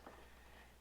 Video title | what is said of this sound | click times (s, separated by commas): Tacoma LED License Plate Lights - Installation Instructions | the key is that you want to line up those tabs I just heard a click into place I'm just gonna twist it clockwise and then | 0.1 s